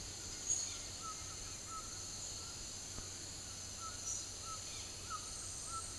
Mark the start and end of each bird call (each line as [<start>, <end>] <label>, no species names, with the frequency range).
[0.82, 1.93] bird call (0.9-1.6 kHz)
[3.66, 5.87] bird call (0.8-1.6 kHz)